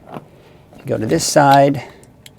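Someone talks while handling the second side of a plastic wiring-harness splitter connector, about to push it into the car's mating wiring connector behind a panel. Nothing has seated or clicked in yet.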